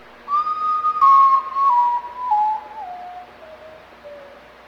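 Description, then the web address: Nocturnal bird giving a pure whistled call that steps down in pitch through several notes, fading toward the end. "lunazzi passaro noturno"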